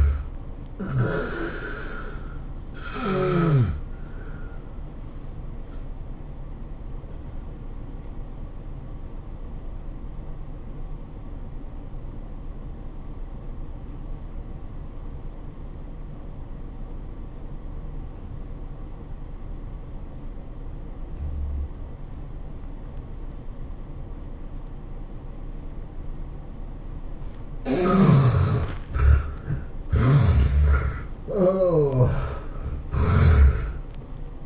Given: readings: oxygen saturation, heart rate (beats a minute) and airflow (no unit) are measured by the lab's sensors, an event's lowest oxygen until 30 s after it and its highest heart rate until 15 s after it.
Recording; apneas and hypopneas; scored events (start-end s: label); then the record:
breathing in sleep by a smartphone at the bedside; 1
7.00-29.70 s: obstructive apnea (N2, oxygen 91% highest, then 73% lowest, heart rate 100 at the start, 108 highest)
From the record:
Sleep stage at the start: N2 (light sleep); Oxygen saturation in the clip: 71 to 91%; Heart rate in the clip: 83 to 110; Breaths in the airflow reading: 5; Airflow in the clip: -17.7 to 16.3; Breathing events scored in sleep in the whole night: 403 in 5.5 hours asleep